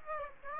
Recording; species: mosquito wingbeat signal from an infrared sensor; Aedes aegypti